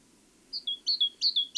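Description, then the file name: Great tit singing about three quick two-note phrases, a high note falling to a lower steady tone, ending abruptly; faint low hum beneath. "Parus major"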